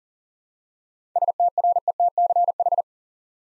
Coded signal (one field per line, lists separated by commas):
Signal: Morse code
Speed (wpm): 39 wpm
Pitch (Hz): 700 Hz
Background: none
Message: STRETCH